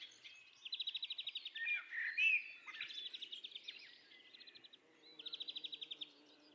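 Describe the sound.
Bird calling: four bursts of rapid, even ticking trills, with a whistled upslur and downslur after the first burst.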